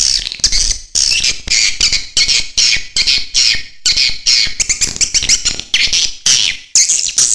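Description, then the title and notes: Swiftlet chirping calls, dense bursts of high twittering and shrill squeaks in rapid pulses about every half second, with brief gaps between bursts. Swiftlet calls used as a lure sound in swiftlet bird farming, Asia. "Swiflet Bird Sound. Farming Swiflet Bird asia sound"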